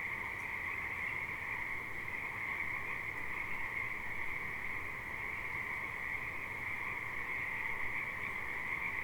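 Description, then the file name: Frog chorus, an unbroken shrill trilling hum holding steady throughout. Alsea River. "Frogs at Alsea River"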